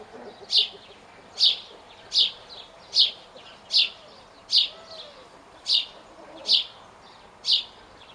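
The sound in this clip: Bird calls, a sharp high note repeated roughly every eight-tenths of a second, nine times, steady against a quiet background.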